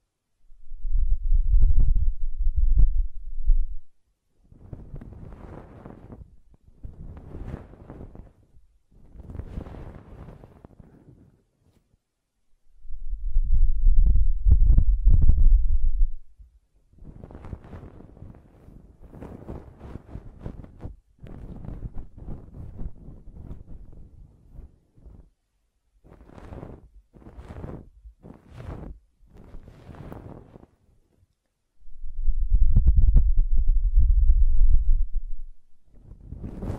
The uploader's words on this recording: ASMR Ear Cleaning and Blowing (No Talking).